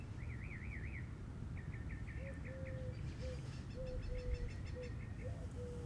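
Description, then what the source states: Mourning Dove song, soft low coos in a slow broken series, with quick high twittering from other birds and steady low rumbling background noise. Female; singing resumed after a pause; morning, near a lawn with a mulberry tree, with much passing traffic.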